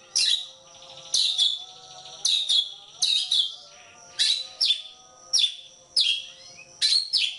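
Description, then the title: Oriental magpie-robin giving loud, abrupt whistles that drop steeply in pitch, paired or single, repeated about once a second. Kacer poci form; national champion competition bird; chatty (gacor) singer using nembak (shooting) and ngerol (rolling) song styles; seven song types every three minutes. "Kacer Poci Gacor Nembak Dan Ngerol Juara Nasional. 7 macam suara kacer setiap 3 menit"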